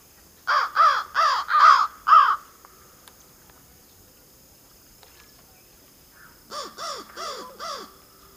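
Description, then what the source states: Bird giving harsh, hoarse caws: a quick run of five evenly spaced notes, a few seconds of quiet, then four more caws. Northern Illinois.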